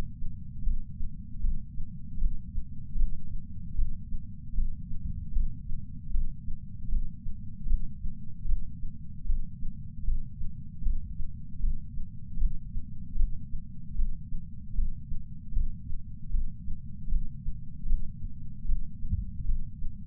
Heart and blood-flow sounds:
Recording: heart sounds by patch sensor on the chest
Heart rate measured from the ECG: 77 bpm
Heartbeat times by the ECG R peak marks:
0.62 s: heartbeat
1.40 s: heartbeat
2.18 s: heartbeat
2.96 s: heartbeat
3.74 s: heartbeat
4.54 s: heartbeat
5.32 s: heartbeat
6.10 s: heartbeat
6.88 s: heartbeat
7.66 s: heartbeat
8.45 s: heartbeat
9.25 s: heartbeat
10.03 s: heartbeat
10.82 s: heartbeat
11.59 s: heartbeat
12.37 s: heartbeat
13.16 s: heartbeat
13.95 s: heartbeat
14.74 s: heartbeat
15.52 s: heartbeat
16.30 s: heartbeat
17.08 s: heartbeat
17.86 s: heartbeat
18.65 s: heartbeat
19.44 s: heartbeat
From the record:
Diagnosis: coronary artery disease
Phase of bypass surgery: intraoperative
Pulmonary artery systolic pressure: 27 mmHg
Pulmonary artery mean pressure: 19 mmHg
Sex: male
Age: 74 years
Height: 170 cm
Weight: 75 kg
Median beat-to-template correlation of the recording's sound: 0.89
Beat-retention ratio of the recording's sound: 0.97

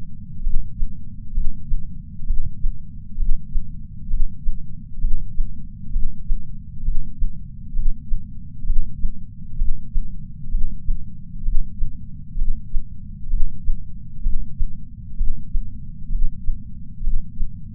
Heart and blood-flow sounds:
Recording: heart sounds by patch sensor on the chest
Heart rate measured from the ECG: 65 bpm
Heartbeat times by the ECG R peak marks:
0.44 s: heartbeat
1.35 s: heartbeat
2.28 s: heartbeat
3.20 s: heartbeat
4.11 s: heartbeat
5.02 s: heartbeat
5.94 s: heartbeat
6.86 s: heartbeat
7.77 s: heartbeat
8.67 s: heartbeat
9.59 s: heartbeat
10.52 s: heartbeat
11.46 s: heartbeat
12.39 s: heartbeat
13.31 s: heartbeat
14.24 s: heartbeat
15.19 s: heartbeat
16.13 s: heartbeat
17.05 s: heartbeat
From the record:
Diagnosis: coronary artery disease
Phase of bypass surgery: preoperative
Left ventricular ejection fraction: 62.1%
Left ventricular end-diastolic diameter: 45 mm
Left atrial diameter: 40 mm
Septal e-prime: 8 cm/s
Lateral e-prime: 10 cm/s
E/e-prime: 5.6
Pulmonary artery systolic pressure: 22 mmHg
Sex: male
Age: 60 years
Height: 170 cm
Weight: 67 kg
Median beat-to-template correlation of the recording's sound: 0.93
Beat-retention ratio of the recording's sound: 1.00

